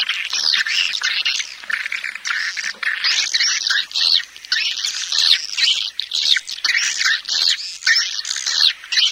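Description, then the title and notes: Swiftlets twittering in bursts of high, rasping chirps, separated by brief gaps. Swiftlet farming sound, Asia. "Swiflet Bird Sound. Farming Swiflet Bird asia sound"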